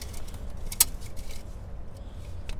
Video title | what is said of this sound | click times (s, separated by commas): 775 Pre Trip | back in until it clicks | 0.8 s